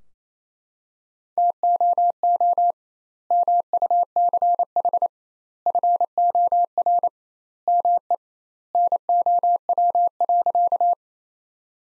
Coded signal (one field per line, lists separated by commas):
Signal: Morse code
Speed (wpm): 28 wpm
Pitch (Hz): 700 Hz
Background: none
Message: TOO MUCH FOR ME NOW.